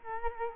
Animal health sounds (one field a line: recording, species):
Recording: mosquito wingbeat signal from an infrared sensor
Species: Culex quinquefasciatus